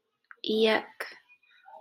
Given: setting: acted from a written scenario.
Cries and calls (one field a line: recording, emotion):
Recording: vocal sound without words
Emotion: disgust